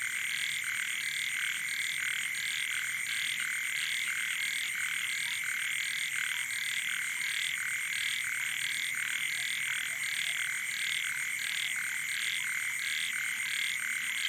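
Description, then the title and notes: Frogs and toads: frogs in full chorus, regular rhythmic croaks overlapping without pause, backed by an unbroken high buzzing hum. Wild night chorus on the shore of Boeng Thum lake, Cambodia, around 23:00 on 12 December 2018, as human noise fades. "Soirée aux batraciens - Cambodge. 12 décembre 2018 Sur le bord du lac "Boeng Thum" vers 23h00 au moment ou le silence des hommes laisse place au monde sauvage"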